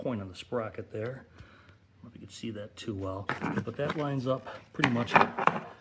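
Someone talks while lining up a plastic trim piece on the power seat frame of a Ford F-150/F-250 truck, a piece that only fits one way, with a star bit whose larger point on the sprocket sets the alignment and the horseshoe clip still in place. Only speech and faint handling sounds are heard. The piece has not been tapped on yet, and nothing has seated or clicked.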